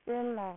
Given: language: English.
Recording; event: throat vibration sensor signal played as sound; speech